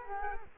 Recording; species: mosquito wingbeat signal from an infrared sensor; Culex quinquefasciatus